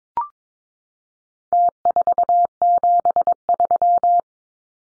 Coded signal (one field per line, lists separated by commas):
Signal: Morse code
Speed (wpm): 22 wpm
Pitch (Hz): 700 Hz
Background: none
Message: T473